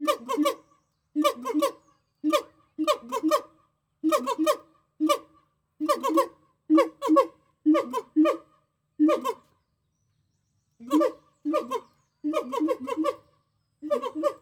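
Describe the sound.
Gibbon hoots: short harmonic notes, often in pairs, repeated at a fairly steady pace, with one longer pause before resuming.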